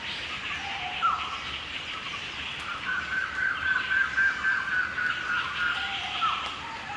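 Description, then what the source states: Gibbon song: a few clear notes, then a quick run of even, pulsing notes on one pitch, over a steady background hiss. Recorded in forest.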